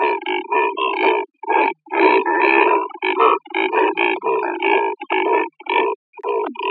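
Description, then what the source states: Neotropic cormorant producing a dense series of rough, croaking grunts, some drawn out, roughly two per second with brief gaps, over a quiet background. Recorded in Costa Rica.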